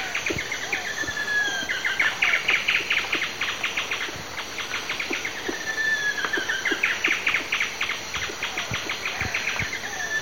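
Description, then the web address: Ocellated woodcreeper song: two bouts of rapid, evenly repeated notes, each beginning with a long sliding whistle, over a constant shrill buzz of insects. Eastern lowlands of South America. "Natures Songs S America Eastern Lowlands. Ocellated Woodcreeper"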